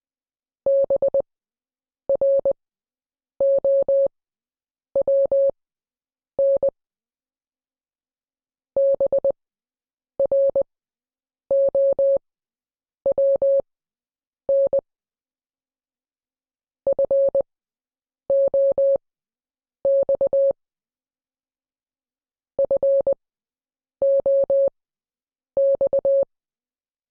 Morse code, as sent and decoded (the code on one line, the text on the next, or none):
-... .-. --- .-- -. / -... .-. --- .-- -. / ..-. --- -..- / ..-. --- -..-
BROWN BROWN FOX FOX